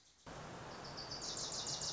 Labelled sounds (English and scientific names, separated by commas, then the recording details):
Wilson's Warbler (Cardellina pusilla)
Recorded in Sonoma County, California